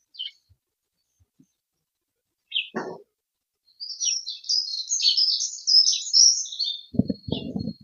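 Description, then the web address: Dunnock song: a sweet, tumbling high warble of around three seconds after a couple of short chirps, followed by low rustling bursts of noise. "Heggemus. heggenmus prunella modularis"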